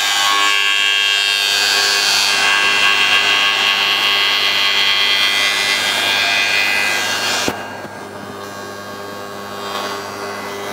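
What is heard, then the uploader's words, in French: A spindle moulder cuts a groove into a curved wooden piece, a steady whining hiss with a ringing hum beneath it for about seven seconds. A sharp knock comes near the middle, then the cutting noise drops away, leaving the machine spinning with a lower, quieter drone. Usinage à l'arbre - Rainurage de piece courbe.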